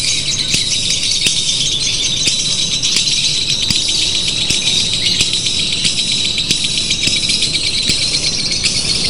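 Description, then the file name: Lovebird chattering in a dense, continuous stream of high, rattling chirps, with a steady thin whistle running throughout and no pauses. Simulated lovebird singing competition audio, made to sound like a bird-song contest. "audio simulasi lomba lovebird. omkicau"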